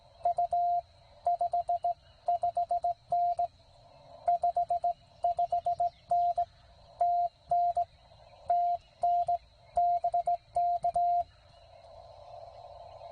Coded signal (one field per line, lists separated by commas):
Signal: Morse code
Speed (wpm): 18 wpm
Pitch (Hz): 700 Hz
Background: radio noise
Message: U 55N 55N TN TN BK